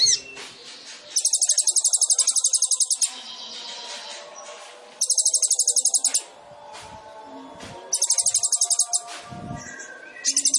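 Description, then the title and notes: Sunbird song: repeated bursts of rapid, buzzy high trills, alternating with quieter twittering and chatter. Indonesian masteran training recording for songbirds; described as full of varied notes (isian) and bursts (tembakan), suited as a lure (pancingan); bird described as gacor (singing vigorously). "MASTERAN KOLIBRI NINJA TERBAIK FULL ISIAN DAN TEMBAKAN MEWAH COCOK BUAT PANCINGAN. Suara Burung Kolibri Ninja Gacor"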